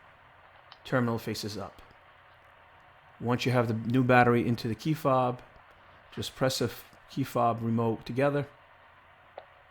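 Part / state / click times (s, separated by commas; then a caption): key fob remote plastic shell halves closing over the battery / seated / 9.4 s. Someone talks while the two plastic shell halves of a 2019–2021 Jeep Compass Latitude key fob remote are pressed together by hand, with no tools, over a newly fitted CR2032 coin cell whose negative terminal faces up. A short, sharp click at 9.4 s marks the halves snapping together, and the shell is seated.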